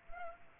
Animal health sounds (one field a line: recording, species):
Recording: mosquito wingbeat signal from an infrared sensor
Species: Culex pipiens